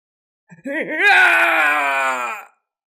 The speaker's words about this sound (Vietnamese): Xa xa truyền đến tiếng kêu gào thảm thiết, con ngư lông ngạc kia dài đến 200 trượng, ở trong đầm lầy xuất quỷ nhập thần, chém liên tiếp mấy chục cao thủ, so với thánh chủ tuyệt đỉnh còn đáng sợ hơn.